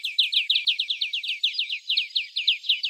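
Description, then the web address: European greenfinch calls: a fast, steady run of short, bright, downslurred chirps, continuing throughout without pause. "Carduelis chloris"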